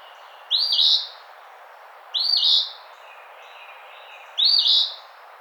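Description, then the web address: Eastern phoebe singing three harsh, two-noted fee-bee phrases spaced roughly two seconds apart, over a steady background hiss. Recorded on 16 June 2009. "Eastern Phoebe 2009 06 16"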